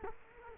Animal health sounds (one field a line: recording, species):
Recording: mosquito wingbeat signal from an infrared sensor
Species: Culex quinquefasciatus